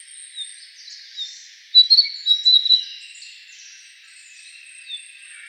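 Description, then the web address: Narcissus flycatcher singing a short burst of clear whistled notes near the middle, quick and slightly uneven, then only faint high chirps and hiss. Recorded on 27 May 2013. "birdenaga kibitaki S 130527"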